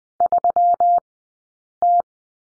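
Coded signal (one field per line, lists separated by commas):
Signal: Morse code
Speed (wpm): 20 wpm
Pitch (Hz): 700 Hz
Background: none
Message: 3T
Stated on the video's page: Morse code course lesson on the number 3, two-character groups, Farnsworth speed 20/10 wpm.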